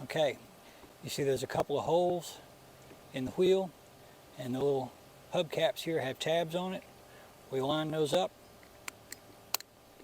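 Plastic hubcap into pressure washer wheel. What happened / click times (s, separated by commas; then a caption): The cap is being lined up on the wheel; not yet snapped home / none. A plastic hubcap with tabs is being lined up with the holes in the plastic wheel of a Ryobi 2000 psi, 1.2 gpm (RY142022) power washer. Someone talks over low background hum, and a few brief sharp ticks come near the end. Nothing has seated or clicked yet.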